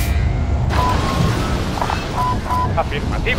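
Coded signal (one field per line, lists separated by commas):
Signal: none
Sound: game sound beeps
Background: speech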